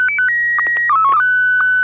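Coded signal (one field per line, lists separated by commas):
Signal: SSTV (slow-scan television)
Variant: Pasokon P3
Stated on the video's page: SSTV net on an FM repeater at 441.300 MHz, Sacramento, CA, Wednesdays 9 pm Pacific.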